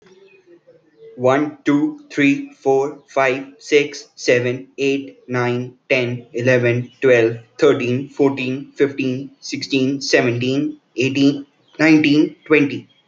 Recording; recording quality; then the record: counting at a fast pace; excellent, no background noise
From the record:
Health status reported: healthy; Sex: male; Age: 21 years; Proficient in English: yes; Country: India